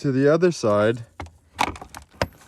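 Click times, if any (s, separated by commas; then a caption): 2.2 s. Someone talks while the upper fuel filter housing on a Subaru plastic fuel pump assembly is twisted to the other side on a workbench, followed by soft handling noises. At 2.2 s, the plastic twist-lock pops off its groove with a sharp plastic snap, releasing the housing. This shows how the twist-lock fails and lets the fuel pressure drop.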